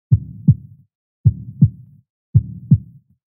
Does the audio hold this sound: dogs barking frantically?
no